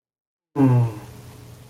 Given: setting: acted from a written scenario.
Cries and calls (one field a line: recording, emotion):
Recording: vocal sound without words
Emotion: relief